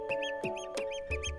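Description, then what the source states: Eurasian oystercatcher piping: a quick run of shrill, arched notes over a steady low hum, with a few soft low thumps. Call likened to the words "beady beady".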